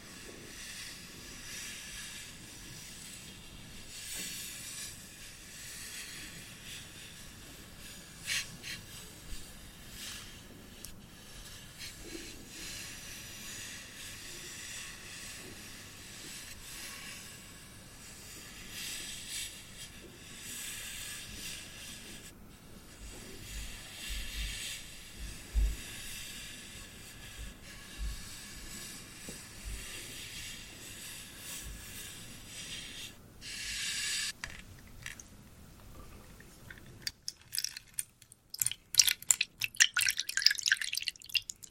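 A "wooden soup" of sound: a steady, bright hiss runs for most of the clip, dotted with faint clicks and small taps. Near the end, from about 37 seconds, the hiss drops away and loud, sharp, irregular knocks and crackles take over.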